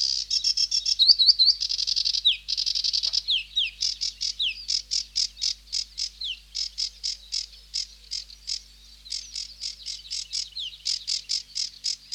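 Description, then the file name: Sedge warbler song with buzzy rattles, repeated harsh chips and several clear downward whistles woven into a long, energetic chattering sequence. "Sedge Warbler (Acrocephalus schoenobaenus)"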